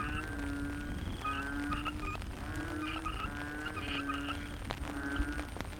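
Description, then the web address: Frogs calling in a dense chorus: low droning notes near the bottom overlap with repeated higher croaks and short bright chirps, with a steady low hum beneath. Frogs in the Cherating wetlands, Malaysia. "yamaha frogs cherating wetlands. malaysia"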